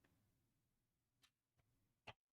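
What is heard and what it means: A hard-drive bracket is pushed the rest of the way into a server case, where it hooks into place. After quieter taps near 1.2 and 1.6 seconds, a single sharp hit at 2.1 seconds seats the bracket fully, and the sound drops to near silence.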